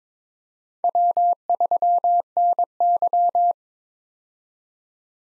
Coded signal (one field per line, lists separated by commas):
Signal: Morse code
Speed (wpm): 22 wpm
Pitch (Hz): 700 Hz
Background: none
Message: W3NY